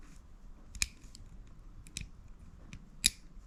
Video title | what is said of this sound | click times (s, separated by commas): Sn95 Mustang GT Pioneer Stereo install and Dash color Change! Ep6 | positive click give them all tug you always give them a tug because | 3.1 s